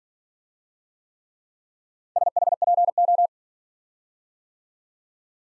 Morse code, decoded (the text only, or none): SHPO